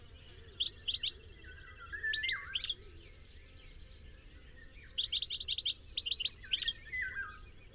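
Bird chirping in two bursts of rapid high twittering notes, each followed by lower, sliding, descending notes, over a steady low hum.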